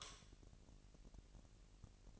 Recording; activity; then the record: daily activity, microphone in the room; light off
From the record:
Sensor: 4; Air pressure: 1002.7 hPa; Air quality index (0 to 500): 250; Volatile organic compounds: 17 ppm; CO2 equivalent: 2578 ppm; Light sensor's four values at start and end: 6/14/5/6 and 6/14/5/6